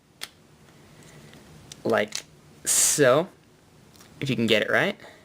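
A folded-forward plastic chest section of a transforming robot toy is handled as its white tab is pushed toward pegging in underneath, into the torso, during the toy's conversion. A few faint, brief plastic taps are heard between bursts of someone talking. Nothing has seated or clicked into place yet.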